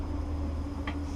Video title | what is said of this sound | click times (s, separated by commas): How to Install ESP Ported 460 Head on Trail Ripper | Alright, now I heard the click, it is in there. | 0.9 s